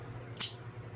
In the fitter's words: Solid click in there.